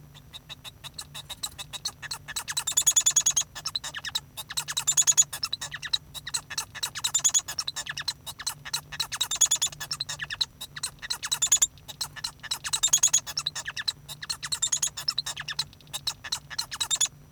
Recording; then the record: song of a male Bengalese finch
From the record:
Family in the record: son of father 1